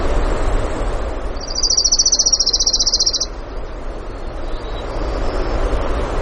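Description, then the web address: Orange-crowned warbler song: a fast, high, buzzy trill held level for about two seconds, then a faint thin note, all against constant broad rushing noise. Recorded in Denali, Alaska, on 16 June 2016 in the early morning, at 05:32. "alaska acoustic highlights BIRDS 20160616 053228 Orange-Crowned"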